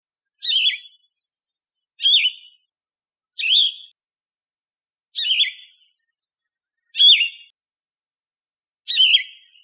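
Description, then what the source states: Yellow-throated vireo repeating a short, harsh, chattering call six times at fairly even intervals; no other sounds. 29 August 2004.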